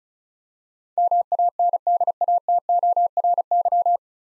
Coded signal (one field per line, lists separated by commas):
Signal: Morse code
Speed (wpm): 34 wpm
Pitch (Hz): 700 Hz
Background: none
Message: MANDATORY